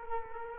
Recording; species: mosquito wingbeat signal from an infrared sensor; Culex quinquefasciatus